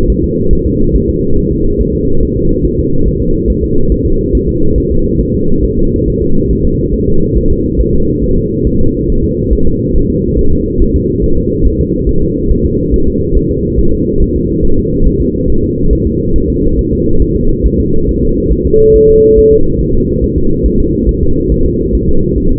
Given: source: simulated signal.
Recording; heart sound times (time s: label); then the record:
fetal heart sounds
0.10 s: S1
0.24 s: S2
0.53 s: S1
0.67 s: S2
0.95 s: S1
1.10 s: S2
1.38 s: S1
1.52 s: S2
1.81 s: S1
1.95 s: S2
2.23 s: S1
2.37 s: S2
2.65 s: S1
2.79 s: S2
3.08 s: S1
3.22 s: S2
3.50 s: S1
3.64 s: S2
3.92 s: S1
4.06 s: S2
4.35 s: S1
4.49 s: S2
4.78 s: S1
4.92 s: S2
5.21 s: S1
5.35 s: S2
5.65 s: S1
5.79 s: S2
6.08 s: S1
6.22 s: S2
6.51 s: S1
6.65 s: S2
6.94 s: S1
7.08 s: S2
7.37 s: S1
7.52 s: S2
7.81 s: S1
7.95 s: S2
8.24 s: S1
8.38 s: S2
8.67 s: S1
8.81 s: S2
9.10 s: S1
9.24 s: S2
9.53 s: S1
9.67 s: S2
9.96 s: S1
10.10 s: S2
10.39 s: S1
10.53 s: S2
10.82 s: S1
10.96 s: S2
11.24 s: S1
11.38 s: S2
11.67 s: S1
11.81 s: S2
12.09 s: S1
12.23 s: S2
12.52 s: S1
12.66 s: S2
12.94 s: S1
13.08 s: S2
13.37 s: S1
13.51 s: S2
13.80 s: S1
13.94 s: S2
14.22 s: S1
14.36 s: S2
14.65 s: S1
14.79 s: S2
15.07 s: S1
15.22 s: S2
15.50 s: S1
15.64 s: S2
15.93 s: S1
16.07 s: S2
16.36 s: S1
16.50 s: S2
16.79 s: S1
16.93 s: S2
17.22 s: S1
17.36 s: S2
17.66 s: S1
17.80 s: S2
18.09 s: S1
18.23 s: S2
18.52 s: S1
18.67 s: S2
18.96 s: S1
19.10 s: S2
19.39 s: S1
19.53 s: S2
19.81 s: S1
19.95 s: S2
20.24 s: S1
20.38 s: S2
20.66 s: S1
20.80 s: S2
21.09 s: S1
21.23 s: S2
21.52 s: S1
21.66 s: S2
21.95 s: S1
22.09 s: S2
22.38 s: S1
22.52 s: S2
From the record:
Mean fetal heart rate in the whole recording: 140 bpm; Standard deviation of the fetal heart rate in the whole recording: 2 bpm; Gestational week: 34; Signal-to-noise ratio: -17.7 dB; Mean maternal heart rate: 72 bpm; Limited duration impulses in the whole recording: present